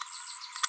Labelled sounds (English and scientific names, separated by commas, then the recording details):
Green-rumped Parrotlet (Forpus passerinus) babbling
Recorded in a nest box in Venezuela
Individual 18B25A4